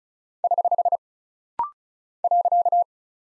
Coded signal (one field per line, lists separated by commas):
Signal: Morse code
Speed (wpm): 36 wpm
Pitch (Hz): 700 Hz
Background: none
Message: <HH> .